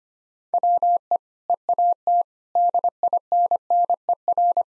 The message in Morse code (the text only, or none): WE EAT DINNER